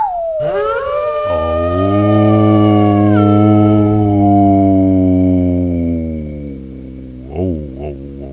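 The sled dog Benji lets out a long, sustained howl that rises, holds a steady pitch for several seconds, then slowly fades, ending with a few short wavering yelps.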